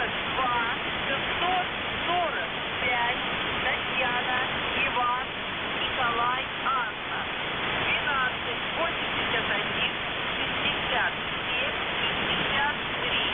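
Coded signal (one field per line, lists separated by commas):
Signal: coded military voice message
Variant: Russian, The Goose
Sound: a voice reading words and numbers, barely audible through heavy radio hiss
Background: radio static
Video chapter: 00:00 - Воздух Охват-98 42645 ТИНА 1281 6753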